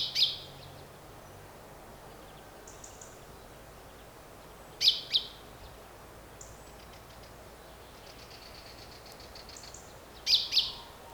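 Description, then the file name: Common chaffinch calls: short, sharp, high notes spaced about five seconds apart, mostly given as quick doubled pairs, with faint chirps between them. "Fringilla coelebs"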